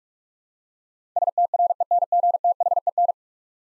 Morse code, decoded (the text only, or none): STRENGTHEN